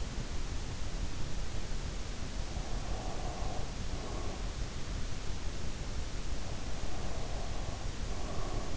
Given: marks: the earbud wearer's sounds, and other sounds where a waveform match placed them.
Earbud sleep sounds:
sounds in sleep by an in-ear microphone; breath
2.94-4.90 s: breath
6.53-8.77 s: breath

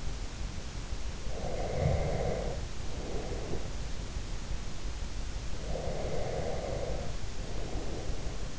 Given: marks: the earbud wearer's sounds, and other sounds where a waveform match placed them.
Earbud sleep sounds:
sounds in sleep by an in-ear microphone; breath
1.24-3.76 s: breath
5.54-8.59 s: breath

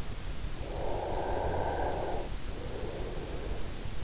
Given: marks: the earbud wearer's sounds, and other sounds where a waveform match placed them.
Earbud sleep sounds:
sounds in sleep by an in-ear microphone; breath
0.28-3.57 s: breath

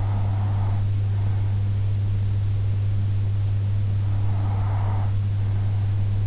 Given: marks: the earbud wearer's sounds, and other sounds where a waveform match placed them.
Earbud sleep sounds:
sounds in sleep by an in-ear microphone; breath
0.00-1.99 s: breath
3.99-5.99 s: breath

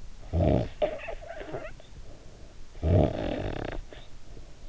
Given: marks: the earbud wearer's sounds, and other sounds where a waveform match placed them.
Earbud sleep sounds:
sounds in sleep by an in-ear microphone; snoring breath
0.00-2.11 s: snoring breath
2.57-4.66 s: snoring breath

